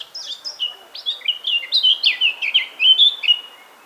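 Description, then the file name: Eurasian blackcap singing a fast, varied warble of bright chirping and whistled notes that run together for nearly four seconds. "Sylvia atricapilla"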